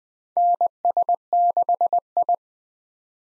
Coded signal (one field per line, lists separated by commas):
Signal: Morse code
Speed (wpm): 20 wpm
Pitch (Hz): 700 Hz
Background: none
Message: NS6I